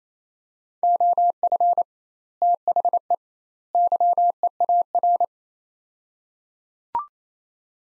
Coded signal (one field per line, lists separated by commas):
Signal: Morse code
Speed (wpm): 28 wpm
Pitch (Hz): 700 Hz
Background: none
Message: OF THE YEAR